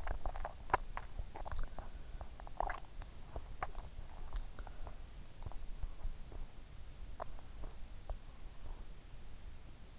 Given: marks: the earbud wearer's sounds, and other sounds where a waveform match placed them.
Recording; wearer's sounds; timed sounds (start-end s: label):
sounds in sleep by an in-ear microphone; swallowing
0.00-5.14 s: swallowing